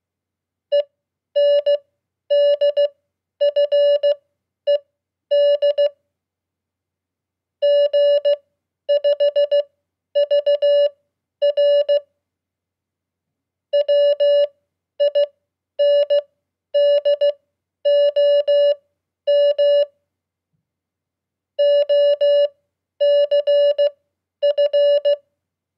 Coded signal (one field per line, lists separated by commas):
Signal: Morse code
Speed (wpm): 16 wpm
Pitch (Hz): 580 Hz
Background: none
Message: ENDFED G5VR WINDOM OCF